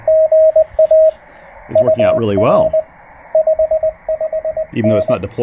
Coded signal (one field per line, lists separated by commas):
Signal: Morse code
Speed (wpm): 20 wpm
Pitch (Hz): 630 Hz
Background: speech, radio noise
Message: GA UR 55N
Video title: It's Good to be Back: First POTA Activation Post-Hurrican Helene!